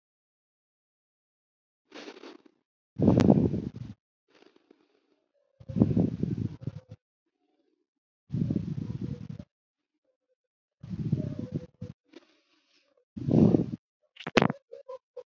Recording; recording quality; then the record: deep breathing; excellent, no background noise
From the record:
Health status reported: healthy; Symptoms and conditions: cough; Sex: female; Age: 47 years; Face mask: not worn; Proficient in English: yes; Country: India